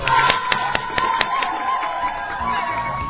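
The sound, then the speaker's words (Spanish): Audience applause for birthday celebrants: a dense wash of many hands clapping, with a few sharper claps landing in a quick, steady rhythm early on, then settling into an even patter of clapping throughout. “si se hace para un aplauso, no.”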